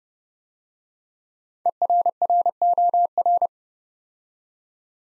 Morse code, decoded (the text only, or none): ERROR